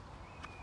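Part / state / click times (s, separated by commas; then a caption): pole joint in the central hub of a pop-up tent frame / seated / 0.4 s. A hinged pole joint in the centre hub of a Khyam Ultimate pop-up tent's internal pole frame is pushed into place and gives a short, sharp click at 0.4 s over a low steady background rumble. The joint seats, locking into place.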